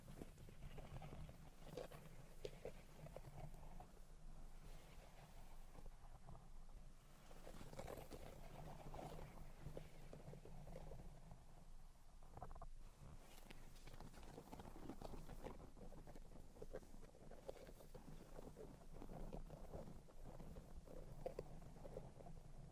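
Tapping, scratching and tracing sounds run continuously over a low steady hum. Short taps and scrapes come quickly and irregularly, with denser bursts around seconds 2, 8 and 17, and a brief lull near 12 seconds.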